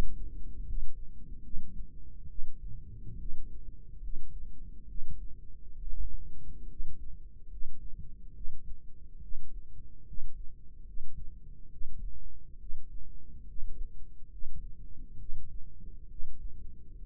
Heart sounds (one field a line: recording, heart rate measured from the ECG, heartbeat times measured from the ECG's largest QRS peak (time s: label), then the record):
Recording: heart sounds by microphone in the right ear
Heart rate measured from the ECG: 70 bpm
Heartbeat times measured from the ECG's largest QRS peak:
0.63 s: heartbeat
1.41 s: heartbeat
2.27 s: heartbeat
3.16 s: heartbeat
3.99 s: heartbeat
4.86 s: heartbeat
5.77 s: heartbeat
6.66 s: heartbeat
7.48 s: heartbeat
8.32 s: heartbeat
9.20 s: heartbeat
10.04 s: heartbeat
10.83 s: heartbeat
11.69 s: heartbeat
12.57 s: heartbeat
13.44 s: heartbeat
14.28 s: heartbeat
15.17 s: heartbeat
16.07 s: heartbeat
16.95 s: heartbeat
From the record:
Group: healthy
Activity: rest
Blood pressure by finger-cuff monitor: 76/49 mmHg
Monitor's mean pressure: 59 mmHg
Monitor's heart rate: 71 bpm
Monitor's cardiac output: 5.7 L/min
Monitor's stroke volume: 82 mL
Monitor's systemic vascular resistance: 720 dyn s/cm5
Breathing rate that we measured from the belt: 18 breaths a minute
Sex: female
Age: 22 years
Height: 163 cm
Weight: 67.1 kg